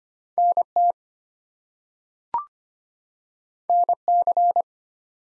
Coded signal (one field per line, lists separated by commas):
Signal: Morse code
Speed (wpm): 25 wpm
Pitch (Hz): 700 Hz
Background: none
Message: NT NC